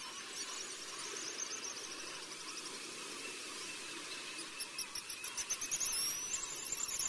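Pigeon guillemot calling with thin, high whistles over a hissy background, then a quick pulsed series of piping notes and rising squeaky whistles near the end.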